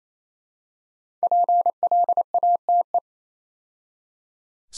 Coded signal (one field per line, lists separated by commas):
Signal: Morse code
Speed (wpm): 27 wpm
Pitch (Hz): 700 Hz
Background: none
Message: PLATE